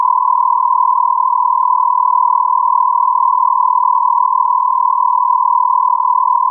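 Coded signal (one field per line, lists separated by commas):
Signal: radio time signal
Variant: Beta, RJH77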